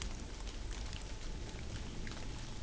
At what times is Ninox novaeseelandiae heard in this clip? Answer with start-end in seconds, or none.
none